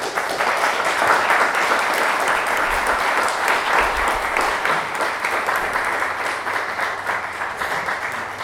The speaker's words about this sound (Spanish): Un aplauso para él.